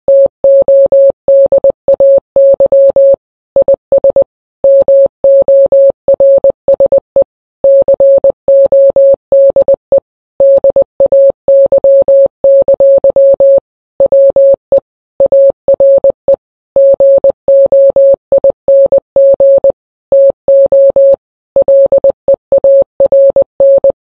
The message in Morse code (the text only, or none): TODAY IS MORSE CODE DAY! WE ARE GOING TO LEARN